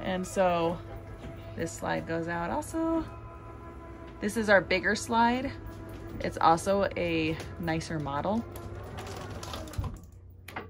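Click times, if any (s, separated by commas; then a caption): 10.5 s. In a Class C motorhome, the larger slide-out room in the wall is extended on its motor while the extend switch is held, and someone talks over a steady hum. At 10.5 s the mechanism makes a sharp click as the slide-out seats into place at full extension, meaning it is fully out.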